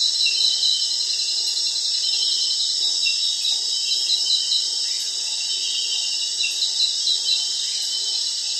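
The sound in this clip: Crickets trilling in a dense, continuous high-pitched chorus that stays steady throughout.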